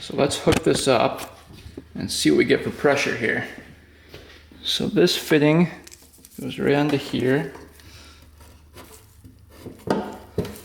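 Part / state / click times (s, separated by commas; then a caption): fuel pressure gauge hose fitting onto tester adapter / seated / 9.9 s. Someone talks while a fuel pressure gauge hose fitting is pushed onto its mating port on the tester adapter, in a kit being hooked up to check pressure on a 450cc dirt bike. The quick-connect fitting snaps home with a sharp click at 9.9 s and is seated, followed by a couple of smaller handling clicks.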